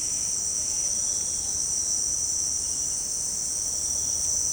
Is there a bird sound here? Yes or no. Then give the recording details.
no. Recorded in pastures near Puerto Asís, Putumayo, Colombia, on 22 June 2025 at 18:00. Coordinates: 0.496, -76.326. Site GP01